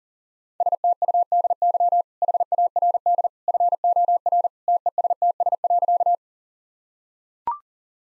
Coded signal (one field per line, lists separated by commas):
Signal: Morse code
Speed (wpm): 37 wpm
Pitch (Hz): 700 Hz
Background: none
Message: STUDY HARD FOR TESTS.